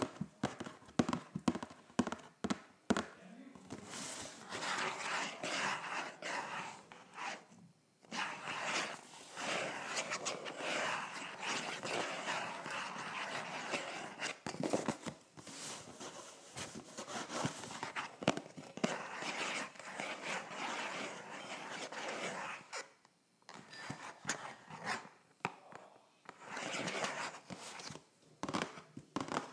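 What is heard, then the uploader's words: Cardboard is scratched in long rasping strokes with brief pauses near 8 and 23 seconds, while sharp taps cluster at the start and end. ASMR Scratching and Tapping a Cardboard Box.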